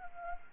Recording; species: mosquito wingbeat signal from an infrared sensor; Anopheles arabiensis